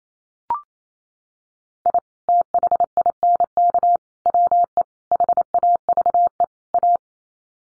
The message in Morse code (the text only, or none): I THINK WE HAVE A